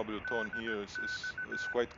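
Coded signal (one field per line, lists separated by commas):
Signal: Morse code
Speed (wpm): 17 wpm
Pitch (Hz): 1500 Hz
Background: speech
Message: DX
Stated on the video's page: CW generated in FLDIGI software and transmitted with SDR Console and a Pluto SDR.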